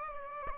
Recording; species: mosquito wingbeat signal from an infrared sensor; Aedes aegypti